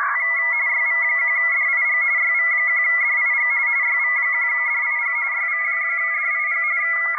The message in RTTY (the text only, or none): YV1DIG YV1DIG YV1DIG YV1DIG